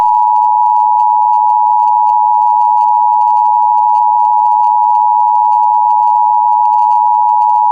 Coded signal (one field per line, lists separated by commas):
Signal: Emergency Alert System (SAME) tones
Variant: 853 and 960 Hz attention tone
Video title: EAS Scenario | The Dream World Crisis | Emergency Alert System | NiGHTS Journey of Dreams